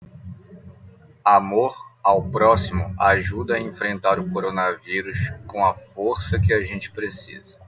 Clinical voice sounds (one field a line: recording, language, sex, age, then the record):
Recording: spoken sentence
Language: Brazilian Portuguese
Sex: male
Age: 20 to 29 years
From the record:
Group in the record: control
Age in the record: 25 years